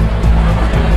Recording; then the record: background sound without coughing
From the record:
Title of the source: Party Noise 1 Hour Party Ambience